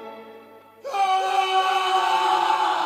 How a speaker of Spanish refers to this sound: el grito venía del tercer piso, pero había retumbado por toda la casa.